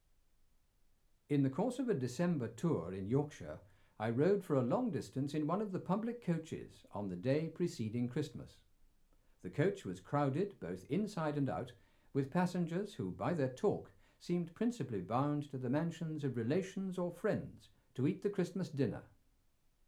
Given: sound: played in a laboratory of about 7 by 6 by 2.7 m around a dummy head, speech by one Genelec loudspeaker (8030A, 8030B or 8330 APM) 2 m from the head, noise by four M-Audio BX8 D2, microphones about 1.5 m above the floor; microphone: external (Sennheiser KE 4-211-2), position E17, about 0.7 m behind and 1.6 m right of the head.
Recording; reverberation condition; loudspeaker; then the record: male speech in English; low; 90 degrees to the right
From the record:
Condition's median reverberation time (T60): about 310 ms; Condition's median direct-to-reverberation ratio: about 3.5 dB